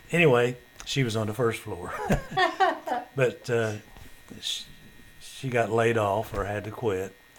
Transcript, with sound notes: Anyway she was on the first floor. (Laughter) But she got laid off, or had to quit.